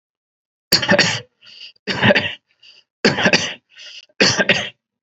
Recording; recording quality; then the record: heavy voluntary cough; excellent, no background noise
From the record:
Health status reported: healthy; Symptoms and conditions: diabetes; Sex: male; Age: 40 years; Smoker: not ticked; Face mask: not worn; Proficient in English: yes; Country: India